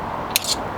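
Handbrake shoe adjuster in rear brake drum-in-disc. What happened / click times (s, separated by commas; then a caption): The adjuster ratchet clicked back one notch / 0.4 s. A handbrake shoe adjuster in the rear drum-in-disc brake of a BMW X5 E53 is backed off by two ratchet clicks after the shoes were clamped against the brake disc, so the disc can spin freely. A sharp metallic click is heard at 0.4 s, followed by a brief hiss, over a steady background. The adjuster is released.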